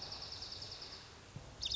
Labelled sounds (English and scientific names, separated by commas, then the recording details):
Dark-eyed Junco (Junco hyemalis)
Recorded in Sonoma County, California